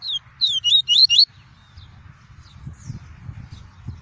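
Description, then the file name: Double-collared seedeater song: a quick phrase of clear, swooping high whistles at the start, followed by low background noise. "Tui-tui" song variety. "canto do papa capim tui tui"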